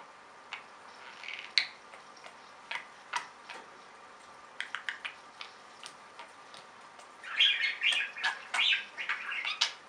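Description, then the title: Budgerigar gives sparse clicking ticks for several seconds, then breaks into a burst of buzzy chattering warble. "Budgie Sounds"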